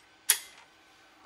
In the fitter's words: so maybe you heard the little click as i pushed those